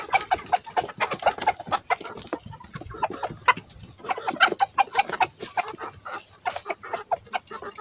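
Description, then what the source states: Chicken clucking in quick, uneven bursts of short notes. Rooster calling hens to come and eat watermelon.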